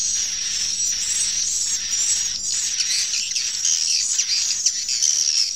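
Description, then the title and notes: Swiftlets giving shrill, high chirps in a continuous twittering stream, with a few sharper squeaky notes breaking through toward the end. Swiftlet calls used in swiftlet bird farming in Asia. "Swiflet Bird Sound. Farming Swiflet Bird asia sound"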